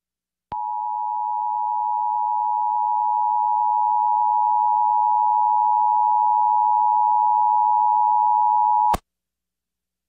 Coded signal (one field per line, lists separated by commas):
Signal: Emergency Alert System (SAME) tones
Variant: 853 and 960 Hz attention tone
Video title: A Different Voice? EAS Tests from July 22, 2020 (EAS #210-211)